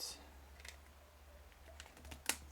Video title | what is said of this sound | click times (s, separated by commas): Déballage du CuteBrick (Et Refill Pack) et du Card Case | voilà c'est clipsé | 2.3 s